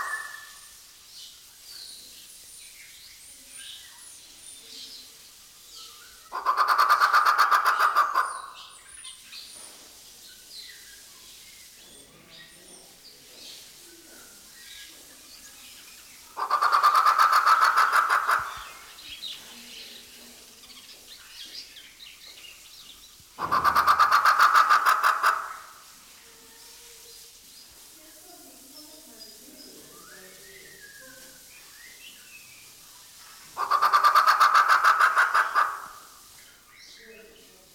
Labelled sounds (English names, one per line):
Grey Peacock-Pheasant